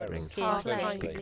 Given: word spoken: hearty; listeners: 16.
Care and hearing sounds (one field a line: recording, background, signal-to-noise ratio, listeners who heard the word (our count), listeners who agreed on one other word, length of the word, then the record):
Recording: one English word in noise, from a listening test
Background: four-talker babble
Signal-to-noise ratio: -2.8 dB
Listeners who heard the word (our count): 0 of 16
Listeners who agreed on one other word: 6 of 16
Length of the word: 0.82 s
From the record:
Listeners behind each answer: 6, 4, 2, 1, 1, 1, 1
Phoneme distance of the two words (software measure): 10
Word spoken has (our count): 2 syllables, 4 phonemes, stress on syllable 1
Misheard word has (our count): 2 syllables, 4 phonemes, stress on syllable 1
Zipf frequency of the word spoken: 3.39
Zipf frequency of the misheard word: 5.53